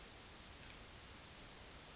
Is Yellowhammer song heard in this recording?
no